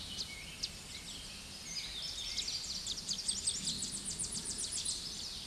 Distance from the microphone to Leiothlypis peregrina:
about 15 m